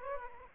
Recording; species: mosquito wingbeat signal from an infrared sensor; Aedes aegypti